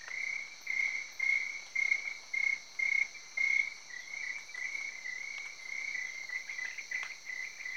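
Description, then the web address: Cricket chirps: spaced high pulses at first, blurring into a nearly continuous shrill trill, with a steady insect drone underneath. Recorded in Cameroon, Africa. "BBC Sound Effects Library. Cameroun, Crickets"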